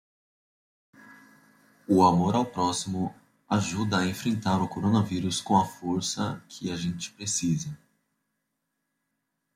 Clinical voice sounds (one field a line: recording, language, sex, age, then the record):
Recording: spoken sentence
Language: Brazilian Portuguese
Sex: male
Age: 20 to 29 years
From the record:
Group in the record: control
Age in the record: 23 years